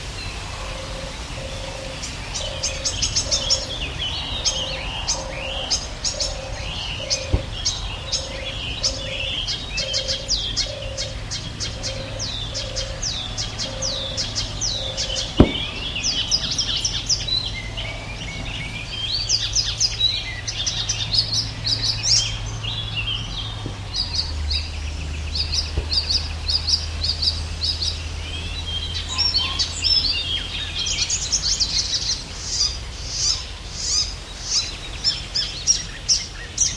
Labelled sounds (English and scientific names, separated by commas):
Icterine Warbler (Hippolais icterina)